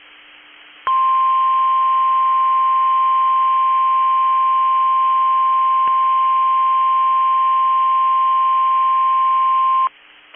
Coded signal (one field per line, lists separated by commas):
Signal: Emergency Alert System (SAME) tones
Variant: 1050 Hz attention tone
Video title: A eas Message￼ to in the rain or in the snow for making a bad video out of joe biden